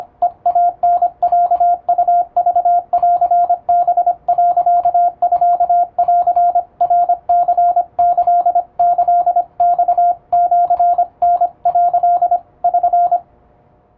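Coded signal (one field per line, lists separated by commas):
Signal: Morse code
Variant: Japanese Wabun code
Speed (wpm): 25 wpm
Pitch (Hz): 700 Hz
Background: radio noise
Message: ヘイタロウクンハ、ミンナニキキマシタ」 <SN>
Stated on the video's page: Japanese plain-language Morse practice for the radiotelegraph operator exam, sent on an electronic keyer, somewhat fast.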